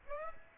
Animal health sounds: mosquito wingbeat signal from an infrared sensor; Aedes aegypti

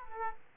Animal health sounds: mosquito wingbeat signal from an infrared sensor; Aedes aegypti

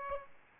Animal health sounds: mosquito wingbeat signal from an infrared sensor; Aedes albopictus

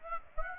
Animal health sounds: mosquito wingbeat signal from an infrared sensor; Aedes aegypti

